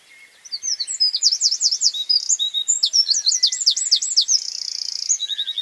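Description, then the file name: Eurasian wren song: rapid piercing notes tumbling into swooping repeated phrases, then a long rattling trill near the end. "Troglodytes troglodytes"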